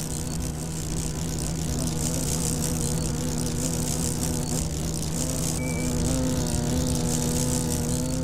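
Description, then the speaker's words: Cockchafer in flight, a continuous deep droning hum that stays level and unbroken, rich in low harmonics. In flight at dusk over wildflower meadows. "And it's the drone of the cockchafer"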